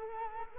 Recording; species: mosquito wingbeat signal from an infrared sensor; Culex quinquefasciatus